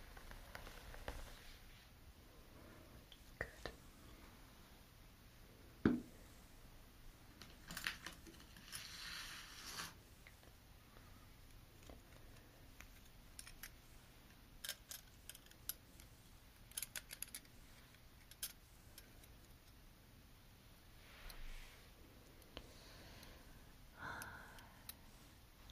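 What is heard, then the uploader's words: Hair is brushed and pinned up with accessories, heard as soft, airy swishes that come in short clusters around 8–10, 15–18 and 21–25 seconds. A sharp click stands out near 6 seconds, and small taps and handling noises are scattered over a quiet, steady hiss. Sounds and visuals of silky hair being brushed and pinned up with beautiful hair accessories.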